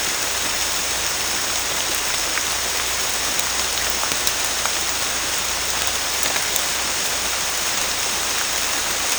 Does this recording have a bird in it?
no